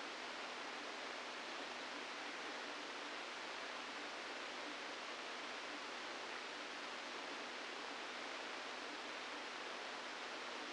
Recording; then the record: brain microelectrode recording played as sound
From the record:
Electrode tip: inside the subthalamic nucleus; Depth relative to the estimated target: 1 mm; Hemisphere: left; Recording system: NeuroSet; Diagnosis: Parkinson's disease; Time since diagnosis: 17 years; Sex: male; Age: 64 years